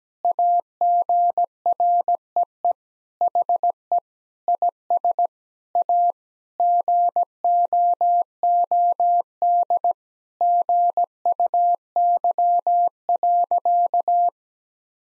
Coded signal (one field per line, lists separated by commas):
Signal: Morse code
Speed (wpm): 17 wpm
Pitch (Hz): 700 Hz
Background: none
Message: AGREE HE IS A GOOD GUY.